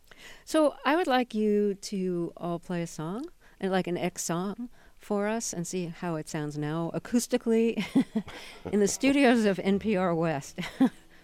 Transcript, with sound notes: So I would like you to all play a song, like an X song for us and see how it sounds now acoustically (laughter) in the studios of NPR West.